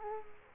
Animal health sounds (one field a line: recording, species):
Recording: mosquito wingbeat signal from an infrared sensor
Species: Culex quinquefasciatus